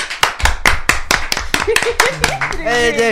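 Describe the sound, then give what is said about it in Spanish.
Applause for a birthday greeting to a grandmother, in a quick, steady rhythm of sharp claps, about a dozen or more, loud throughout, with voices shouting and cheering over the clapping in the second half. “¡Un fuerte aplauso!”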